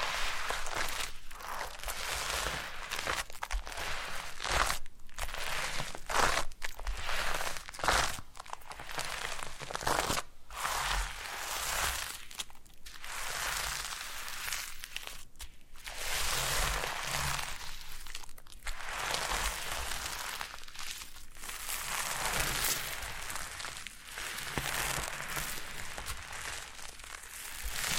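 Foam being massaged and squeezed, giving a dense, crackly rubbing sound that runs almost without pause. The texture is bright and crinkly, broken by brief dips every second or two as the strokes change, while the overall level stays fairly even throughout.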